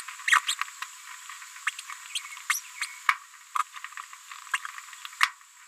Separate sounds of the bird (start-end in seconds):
0.27-0.39, 0.48-0.54, 1.67-1.70, 2.15-2.18, 2.50-2.61, 2.81-2.85, 3.08-3.11, 4.53-4.57, 5.21-5.22